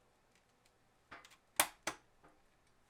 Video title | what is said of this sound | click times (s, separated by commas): Rebuilding my Workshop PC So I Can Stream! | and you heard that click click this part actually clicked first but should be okay | 1.6 s, 1.9 s